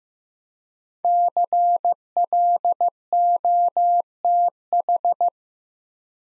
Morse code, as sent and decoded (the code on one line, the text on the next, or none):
-.-. .-.. --- - ....
CLOTH